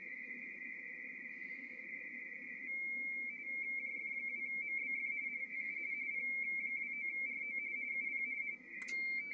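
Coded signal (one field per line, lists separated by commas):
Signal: RTTY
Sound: continuous fast warbling two-tone chatter around 2 kHz with low hum underneath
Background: radio static, low hum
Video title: P29RO, Papua New Guinea, Pacific Ocean, 18MHz, RTTY QSO by HL2WA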